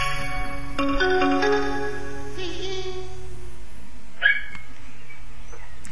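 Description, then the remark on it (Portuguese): A small dog barks with short, high yips, including one sharper bark toward the end, over a steady low background hum. “Com o cãozinho também aí a ladrar.”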